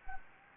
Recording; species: mosquito wingbeat signal from an infrared sensor; Anopheles gambiae